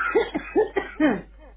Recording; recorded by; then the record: voluntary cough; telephone call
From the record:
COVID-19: positive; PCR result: checked with the laboratory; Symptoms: yes